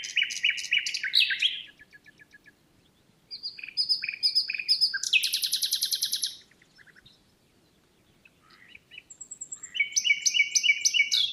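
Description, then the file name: Common nightingale singing varied phrases of rapid repeated notes, some chattering and some clear, separated by short pauses, with another rapid phrase at the end. "Luscinia megarhynchos"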